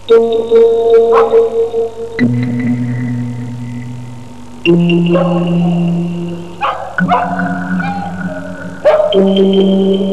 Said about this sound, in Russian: Опять собаки в концовке воют.